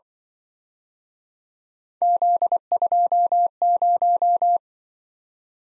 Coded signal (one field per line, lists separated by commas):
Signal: Morse code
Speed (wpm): 25 wpm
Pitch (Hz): 700 Hz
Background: none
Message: Z20